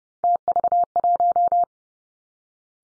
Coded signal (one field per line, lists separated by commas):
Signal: Morse code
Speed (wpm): 30 wpm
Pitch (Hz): 700 Hz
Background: none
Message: TV1